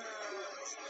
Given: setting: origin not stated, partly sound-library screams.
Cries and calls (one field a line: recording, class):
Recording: one-second piece from a danger detection set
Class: woman in danger